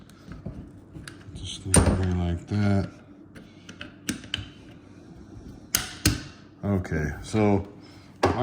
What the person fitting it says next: it snaps into place